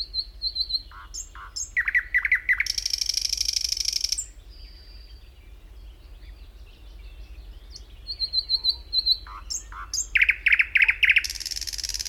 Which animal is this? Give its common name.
Thrush Nightingale